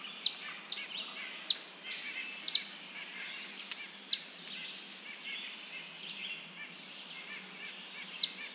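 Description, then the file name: Eastern phoebe calls as a handful of crisp, high chips at uneven intervals, mixed with thin whistled notes from other birds in the background. "Eastern Phoebe - Sayornis phoebe"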